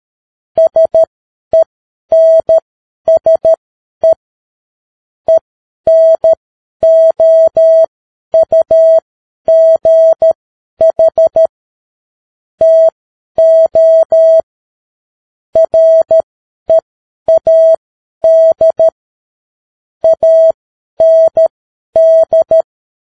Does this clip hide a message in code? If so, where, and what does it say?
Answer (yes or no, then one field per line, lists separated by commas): yes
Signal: Morse code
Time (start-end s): 0.6-22.6 s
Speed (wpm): 13 wpm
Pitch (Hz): 650 Hz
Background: none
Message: SENSE ENOUGH TO READ AND